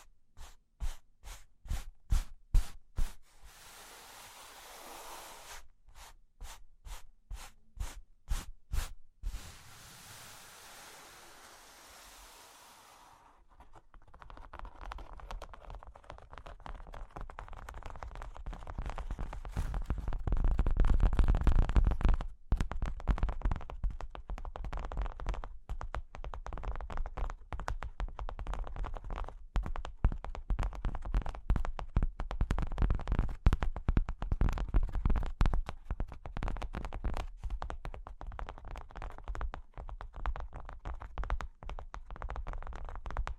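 Cork and wood being tapped, then scratched and traced. The first thirteen seconds hold quick, regular taps in bursts with short pauses between them. After that comes a continuous rough scratching with a dense, gritty texture that swells around twenty seconds and keeps going to the end.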